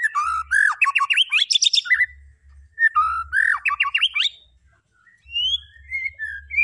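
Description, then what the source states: White-rumped shama song: two rapid bursts of rising notes, a pause, then softer clear whistled phrases near the end. Lure song to make the bird respond; bird described as gacor (singing constantly).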